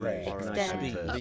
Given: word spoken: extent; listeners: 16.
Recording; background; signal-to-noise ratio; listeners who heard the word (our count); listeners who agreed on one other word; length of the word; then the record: one English word in noise, from a listening test; four-talker babble; -2.3 dB; 1 of 16; 6 of 16; 0.81 s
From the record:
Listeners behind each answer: 6, 4, 2, 1, 1, 1, 1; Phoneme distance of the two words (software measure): 10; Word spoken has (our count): 2 syllables, 7 phonemes, stress on syllable 2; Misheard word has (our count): 2 syllables, 7 phonemes, stress on syllable 2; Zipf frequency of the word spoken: 4.40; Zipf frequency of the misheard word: 4.16